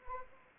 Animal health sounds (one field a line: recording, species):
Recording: mosquito wingbeat signal from an infrared sensor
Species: Anopheles arabiensis